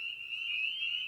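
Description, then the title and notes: Spring peepers calling en masse, a steady high-pitched trilling wall of overlapping peeps. Spring peeper song on an evening at a frog pond. "frog pond. evening. Spring Peeper (Pseudacris crucifer). by Ian Carlsen"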